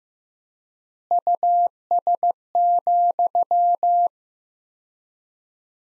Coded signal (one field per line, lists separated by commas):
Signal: Morse code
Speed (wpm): 15 wpm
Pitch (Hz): 700 Hz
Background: none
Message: US,